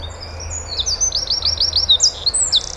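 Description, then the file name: Eurasian wren giving a brief series of high, sharp, evenly repeated notes, then a few scattered chirps over faint background hiss. "Troglodytes troglodytes"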